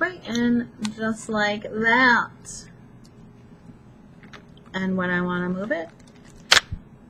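A bookmark clip is pulled off a planner binder ring so it can be moved. Someone talks, then the clip pops off the ring with a sharp click at 6.5 seconds, releasing it from the ring.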